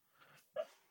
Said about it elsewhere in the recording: Can you hear my dog hiccuping? He's hiccuping in his sleep.